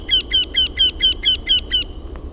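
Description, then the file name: Eurasian wryneck giving a quick run of eight nasal, ringing notes at an even pace, then fading out with a short faint tail. "KAENPIIKA"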